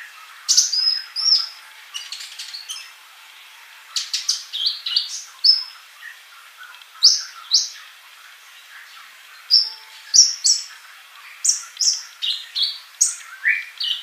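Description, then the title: Bird song of bright high chirps and short whistled notes, delivered in quick phrases with brief pauses between them. "Kicau Burung"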